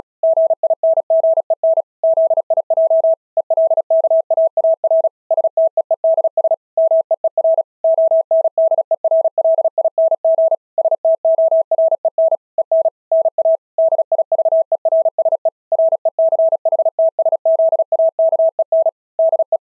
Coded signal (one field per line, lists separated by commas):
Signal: Morse code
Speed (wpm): 36 wpm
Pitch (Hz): 660 Hz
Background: none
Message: GINGEN ZIJ ELKAAR STEEDS MEER ONDERLING STOREN EN NA DIVERSE RECHTSZAKEN DE